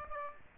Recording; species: mosquito wingbeat signal from an infrared sensor; Aedes aegypti